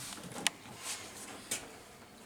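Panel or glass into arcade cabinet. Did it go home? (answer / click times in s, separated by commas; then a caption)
yes / 0.5 s. A panel, apparently glass or a bezel, is fitted into an arcade cabinet and pops into place with a sharp click at 0.5 s. A second, duller knock follows at 1.5 s, and the panel is seated.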